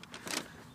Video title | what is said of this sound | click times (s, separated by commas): Fuel Sending Unit C6 Corvette | hear that click if we can. So that's connected. | 0.4 s